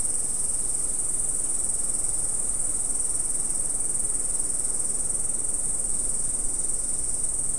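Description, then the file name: Steady insect chorus, a thin piercing high buzz holding at an even level from start to finish. "mainly insect"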